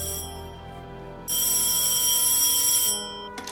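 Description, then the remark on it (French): A telephone call to an English number ringing over the line: a steady humming tone gives way to a loud, bright, buzzing ring that lasts about a second and a half, then drops back before a short click. “L'homme décroche son téléphone et compose un numéro anglais. À l'autre bout de la ligne, son interlocuteur lui répond.”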